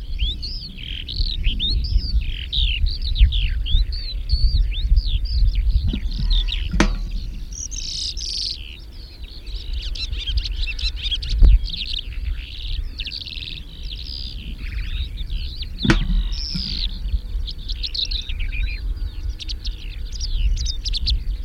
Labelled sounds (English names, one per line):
Calandra Lark song